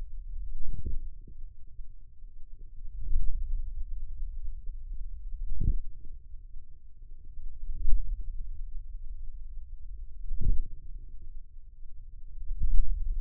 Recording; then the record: forearm muscle sounds (acoustic myography)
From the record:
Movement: hand closing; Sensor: system 2, bracelet of six BSWA MPA416 microphones around the upper forearm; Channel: 6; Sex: female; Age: 22 years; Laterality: right